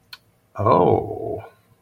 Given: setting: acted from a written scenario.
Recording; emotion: vocal sound without words; desire